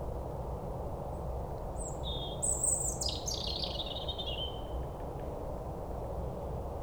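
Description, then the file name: European robin singing a brief thin, high warbled phrase, sliding and trilling between high and very high pitches, over a steady low rumbling background noise. "Erithacus rubecula"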